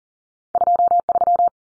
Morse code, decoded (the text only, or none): 23